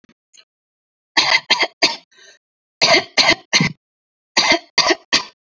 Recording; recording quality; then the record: shallow voluntary cough; excellent, no background noise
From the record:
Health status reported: exposed to COVID-19, no respiratory illness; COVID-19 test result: negative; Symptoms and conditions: loss of smell and taste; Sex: female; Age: 30 years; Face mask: not worn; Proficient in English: yes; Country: India